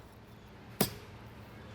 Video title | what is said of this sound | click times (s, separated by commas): Volkswagen Mk4 GTI Wiper Blades - Front And Rear DIY | you're going to hear it click you're going to feel it engage it's not going to go anywhere | 0.8 s